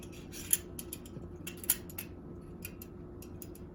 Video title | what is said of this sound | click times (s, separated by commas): Pampered Chef Air Fryer Skewers how to | all locked into place | 0.5 s, 1.7 s